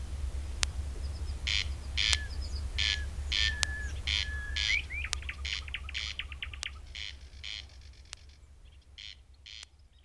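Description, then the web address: Corn crake's grating, doubled rasps repeating rhythmically, gradually fading, with a brief trilling phrase from another bird and occasional sharp clicks over a low hum. Recorded on 3 June 2016. "fagelljud 20160603 kornknarr"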